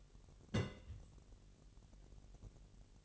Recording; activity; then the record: daily activity, microphone in the room; place on stove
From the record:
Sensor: 4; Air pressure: 1002.8 hPa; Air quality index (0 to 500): 238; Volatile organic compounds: 10 ppm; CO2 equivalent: 2233 ppm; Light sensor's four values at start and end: 7/15/6/6 and 7/16/6/6